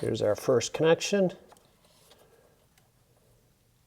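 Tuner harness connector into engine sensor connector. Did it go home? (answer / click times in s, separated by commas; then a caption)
no / none. Someone talks for about the first 1.4 seconds while handling the first plastic plug of a JB4 piggyback ECU tuner wiring harness at the mating sensor connector in the engine bay of an MKV Toyota GR Supra. Only faint handling ticks follow, near 1.5 and 2.8 seconds, over quiet background. Nothing has seated or clicked yet.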